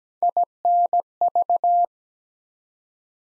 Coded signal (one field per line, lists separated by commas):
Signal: Morse code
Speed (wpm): 17 wpm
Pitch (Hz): 700 Hz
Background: none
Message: INV